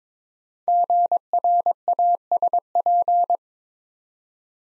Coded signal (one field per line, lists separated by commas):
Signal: Morse code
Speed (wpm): 22 wpm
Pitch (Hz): 700 Hz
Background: none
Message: GRASP